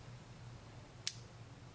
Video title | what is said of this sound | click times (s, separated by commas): CRKT Drifter Stainless | that's a solid detent you know listen to the lockup it's a solid lockup | 1.1 s